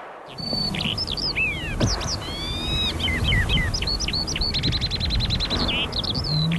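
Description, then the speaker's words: Eurasian skylark song, a continuous stream of varied whistles, slurs and quick trilled notes pouring out without pause over a low steady hum. Migratory bird. "det där hör ni ju direkt att det är en sånglärka."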